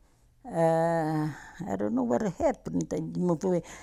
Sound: none

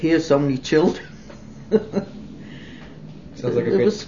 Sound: laughs

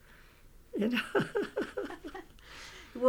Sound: they laugh

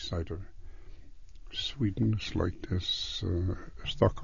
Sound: quietly

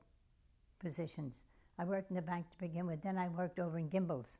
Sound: none

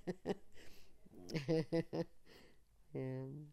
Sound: she laughs

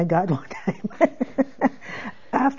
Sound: she laughs

